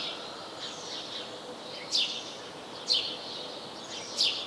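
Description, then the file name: House sparrow chirps, three sharp high notes about a second apart standing out from softer, smeared chirping and steady background hiss. "Passer domesticus"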